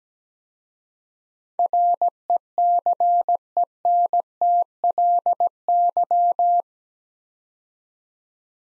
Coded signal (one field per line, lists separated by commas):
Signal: Morse code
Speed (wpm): 17 wpm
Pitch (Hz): 700 Hz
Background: none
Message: RECENTLY